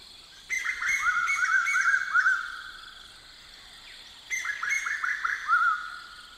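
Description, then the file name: Koel calling in two bursts of rapid bubbly whistled notes about four seconds apart, each over a steady high tone, with quiet background between them. "bird koel"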